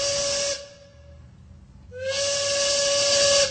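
A steam train whistle blows in two long, steady blasts with a bright, sustained tone over broad hissing steam, separated by a brief quieter gap about a second long.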